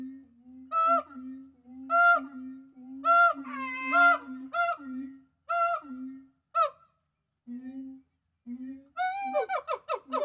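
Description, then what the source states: Gibbons giving a steady low hoot under repeated bright upward notes about once a second, pausing, then speeding into a quick trilled series. Several gibbons.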